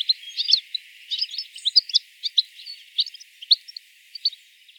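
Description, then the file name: European Goldfinch chattering with bright, liquid tinkling notes and short buzzy twitters, delivered irregularly throughout. "Carduelis carduelis"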